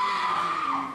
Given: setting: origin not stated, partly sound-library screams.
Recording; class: one-second piece from a danger detection set; woman in danger